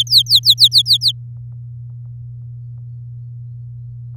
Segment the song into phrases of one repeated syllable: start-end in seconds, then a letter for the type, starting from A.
0.00-1.12 A